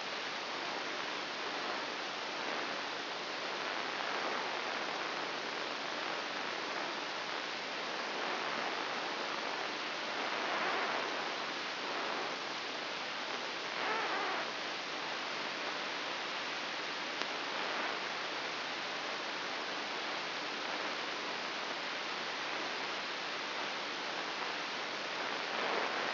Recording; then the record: brain microelectrode recording played as sound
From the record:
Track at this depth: inside the subthalamic nucleus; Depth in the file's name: 3.402 mm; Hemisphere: right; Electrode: 3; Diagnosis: Parkinson's disease